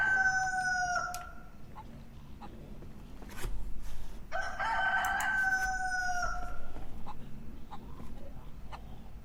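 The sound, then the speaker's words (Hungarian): A rooster very close by crows twice, each call a loud, drawn-out cock-a-doodle-doo with strong harmonic tones that fall in pitch at the end, over a steady low rumble of background noise. “És itt van valahol eszméletlenül közel egy kakas is egyébként.”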